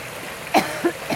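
A brief cough and a few throat-clearing sounds from an adult over the steady trickle of a flowing river.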